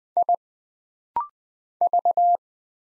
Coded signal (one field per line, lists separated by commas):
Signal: Morse code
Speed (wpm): 20 wpm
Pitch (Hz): 700 Hz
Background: none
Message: I V